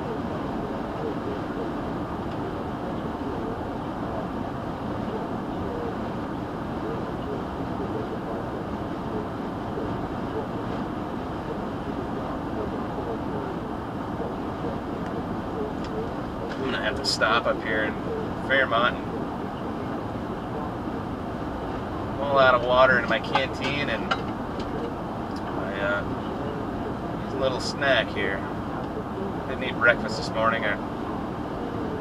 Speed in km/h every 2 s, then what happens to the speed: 109, 109, 111, 111, 111, 111, 111, 111, 111, 111, 111, 111, 111, 111, 111, 111.
0-32 steady at about 111.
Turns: none.